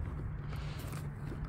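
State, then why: Not seated. An EGO APH1000 phone holder's two pins are being lined up and fumbled into the mount bracket on a mower handle before locking. Soft creaks and handling rustle sit over a steady low hum throughout. Nothing has seated or clicked yet.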